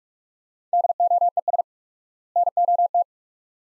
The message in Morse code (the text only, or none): DOES NOT